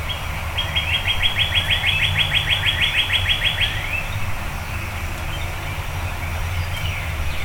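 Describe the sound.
Birds singing before dawn, led by a rapid rhythmic trill lasting a few seconds, followed by fainter chirps, with a constant low background hum.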